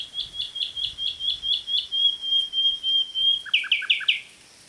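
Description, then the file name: Common nightingale song: evenly repeated whistled notes, a long pure sustained whistle, then four loud rich chopped notes. "Luscinia megarhynchos"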